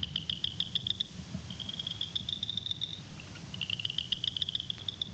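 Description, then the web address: Tree frog calling in high pulsed trills, bursts of rapid clicks broken by short pauses, with a low steady hum underneath. "Hylidae"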